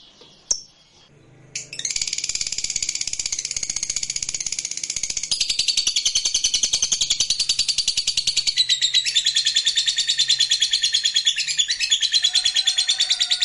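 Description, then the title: Lovebird song: after a single sharp chirp, a long continuous high chattering twitter with rapid regular pulses, carrying on for over ten seconds. Used to stimulate a lazy, quiet lovebird into singing. "LOVEBIRD Malas Bunyi JADI GREGET SPONTAN Langsung NARIK"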